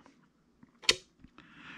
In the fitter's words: and that clicks in place